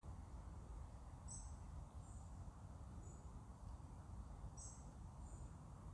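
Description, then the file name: European robin giving five thin, high, short call notes, spaced irregularly over a steady low rumble of background noise. "Erithacus rubecula"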